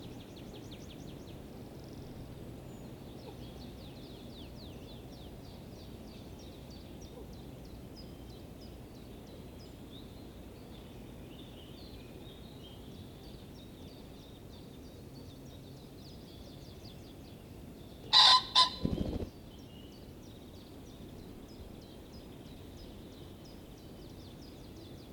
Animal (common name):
Common Pheasant